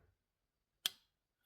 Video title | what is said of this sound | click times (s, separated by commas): Kubey Sylow #kubeyknives #kubeysylow #knifereview #knifedisassembly | the retention on the blade is excellent. You'll hear it snap in here. | 0.9 s